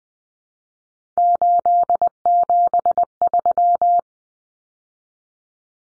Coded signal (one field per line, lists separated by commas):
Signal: Morse code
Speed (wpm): 20 wpm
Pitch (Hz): 700 Hz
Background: none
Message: 873